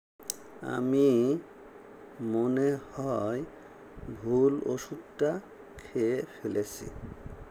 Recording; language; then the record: elicited speech; Bengali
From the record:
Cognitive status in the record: dementia